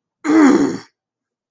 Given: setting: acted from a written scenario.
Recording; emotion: vocal sound without words; pain